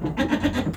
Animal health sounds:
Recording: contact call of a hoofed animal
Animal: goat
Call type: low-frequency (closed-mouth) or high-frequency (open-mouth) call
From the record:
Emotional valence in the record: negative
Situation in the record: food frustration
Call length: 0.76 s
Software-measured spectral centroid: 1900 Hz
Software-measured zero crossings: 1170 a second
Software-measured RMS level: -24 dBFS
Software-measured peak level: -9 dBFS

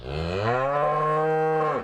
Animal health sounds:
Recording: contact call of a hoofed animal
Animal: cattle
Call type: low-frequency (closed-mouth) or high-frequency (open-mouth) call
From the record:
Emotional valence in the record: negative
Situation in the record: full separation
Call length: 1.84 s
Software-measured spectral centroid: 1220 Hz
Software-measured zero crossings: 1440 a second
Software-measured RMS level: -24 dBFS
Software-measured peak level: -12 dBFS

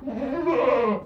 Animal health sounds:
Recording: contact call of a hoofed animal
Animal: goat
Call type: low-frequency (closed-mouth) or high-frequency (open-mouth) call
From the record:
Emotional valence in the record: negative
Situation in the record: food frustration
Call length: 1.06 s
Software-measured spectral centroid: 1050 Hz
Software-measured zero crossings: 1070 a second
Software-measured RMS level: -23 dBFS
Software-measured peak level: -10 dBFS

